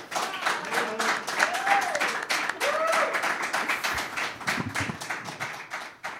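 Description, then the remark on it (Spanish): An audience claps steadily for about six seconds at a presentation during a live radio broadcast, a dense crackle of many hands with faint voices and a few whoops mixed in beneath the applause. “Qué aplauso.”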